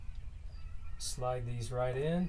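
The locking plastic power-pole style DC connector on the modified power cord of a Smittybilt 12 volt air compressor is lined up red to red with the battery lead connector and slid together by hand. Someone talks throughout while the two halves are handled. The clip ends just before the connector goes home, and nothing has seated or clicked yet.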